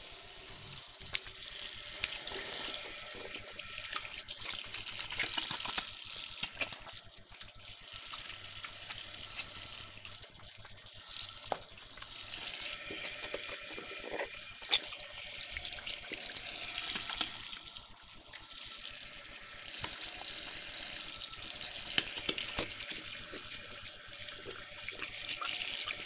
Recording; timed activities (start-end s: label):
household activities, microphone on the right wrist
0.00-26.06 s: washing hands